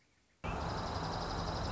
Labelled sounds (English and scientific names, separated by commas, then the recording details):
Dark-eyed Junco (Junco hyemalis)
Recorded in Sonoma County, California